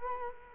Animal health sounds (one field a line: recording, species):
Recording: mosquito wingbeat signal from an infrared sensor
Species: Culex quinquefasciatus